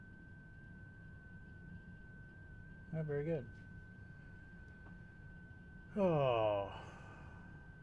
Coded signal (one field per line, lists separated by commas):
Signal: FT8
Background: speech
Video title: Amateur Radio --- Spreading Knowledge KF8I Live Stream